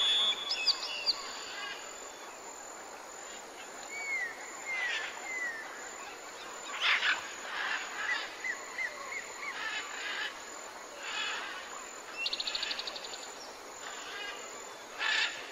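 Many birds call over a steady hiss of insects and forest ambience, with chirps, short whistles and brief trills scattered throughout. Louder bursts come around seven, ten and fifteen seconds, plus a rapid stuttering call near twelve seconds. Everything sits high, with little low rumble.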